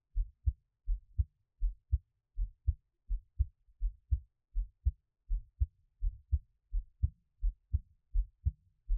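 Steady, soft lub-dub heartbeat of an adult at about 83 beats a minute, with no other sounds; an ordinary heartbeat.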